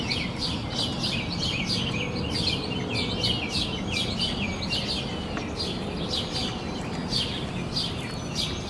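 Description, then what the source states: Birds: bird chorus of rapid high chirps and twitters, many birds overlapping in a steady stream, backed by a continuous low droning rumble. Recorded at sunrise from a balcony in Denton, Texas.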